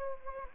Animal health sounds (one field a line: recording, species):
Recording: mosquito wingbeat signal from an infrared sensor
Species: Anopheles gambiae